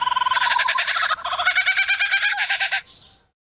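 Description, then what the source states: Lyrebird mimicry: a fast, rattling, machine-like pulsing of harsh buzzy notes that stops abruptly. Mimicking construction sounds.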